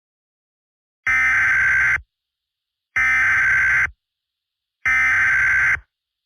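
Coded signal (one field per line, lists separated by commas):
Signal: Emergency Alert System (SAME) tones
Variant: header bursts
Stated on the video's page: Fictional EAS scenario.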